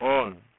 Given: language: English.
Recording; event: throat vibration sensor signal played as sound; speech